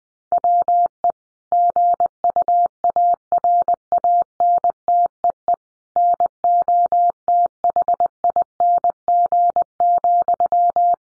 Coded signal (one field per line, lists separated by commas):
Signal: Morse code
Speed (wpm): 19 wpm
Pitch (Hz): 700 Hz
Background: none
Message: WE GUARANTEE NOTHING,